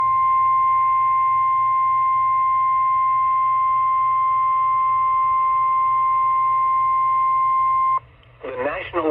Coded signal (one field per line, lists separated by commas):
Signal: Emergency Alert System (SAME) tones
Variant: 1050 Hz attention tone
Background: speech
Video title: 7/27/25 - Severe Thunderstorm Warning on WXL92 || EAS 2,006